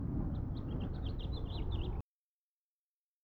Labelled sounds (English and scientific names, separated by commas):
House Finch (Haemorhous mexicanus) song